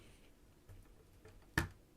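A plastic retention clip on a CPU air cooler is pressed onto its mounting bracket during an Intel i5 13500 build with a Jonsbo, Lexar, NZXT and A770 setup. A faint click comes at 1.3 seconds, then a strong, sharp click at 1.6 seconds. The clip seats in place.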